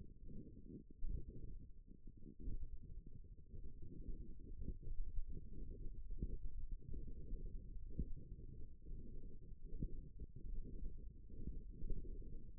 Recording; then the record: forearm muscle sounds (acoustic myography)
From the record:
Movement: index flexion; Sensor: system 1, eight BSWA MPA416 microphones around the upper forearm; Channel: 7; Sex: female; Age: 21 years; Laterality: right